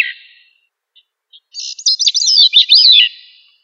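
Thrush song: a single rich phrase of fast, tumbling whistled notes sweeping up and down, after a faint tail of an earlier phrase.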